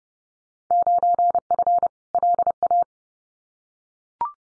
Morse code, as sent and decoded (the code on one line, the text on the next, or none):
----. ..-. / .-.. .-
9F LA